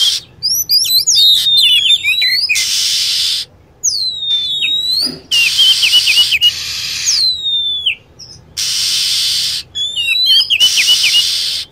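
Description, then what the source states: Lovebird calls in rapid shrill chirps and downward-swept squeaks, broken by blocks of harsh continuous high-pitched chatter, with abrupt cuts between sections. Lure sound used to attract lovebirds.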